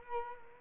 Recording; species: mosquito wingbeat signal from an infrared sensor; Culex quinquefasciatus